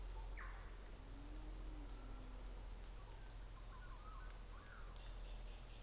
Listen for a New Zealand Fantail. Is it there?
no